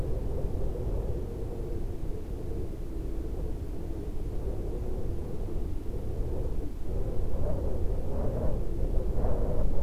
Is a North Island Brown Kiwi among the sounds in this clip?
no